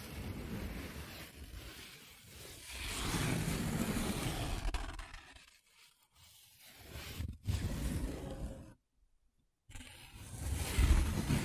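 Paper rubbing and scratching in uneven bursts with brief silent gaps, louder rasping swells near the start, middle and end.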